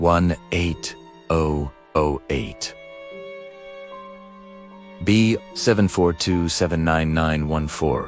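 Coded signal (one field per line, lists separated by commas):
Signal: numbers station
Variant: UVB-76 voice message, Russian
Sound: a voice reading short, separate codewords and numbers, with pauses, over soft sustained music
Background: background music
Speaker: These transmissions are brief, cryptic, and follow a rigid format. A typical message might sound something like this.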